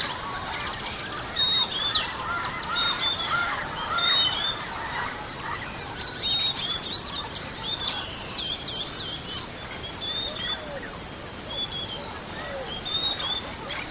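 Birds calling in a busy chorus of short whistles and chirps, with a burst of rapid, tangled notes near the middle over a steady, high insect-like hiss.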